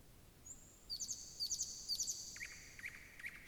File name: Slowik szary